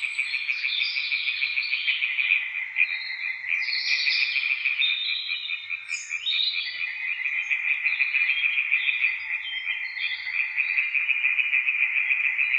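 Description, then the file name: European tree frogs in full chorus, many rapid rattling croaks layered into a constant, pulsing din with higher bursts above it. Several tree frogs calling near Witteveen, Netherlands. "Boomkikkers bij Witteveen - Sound Cloud - luc de bruijn"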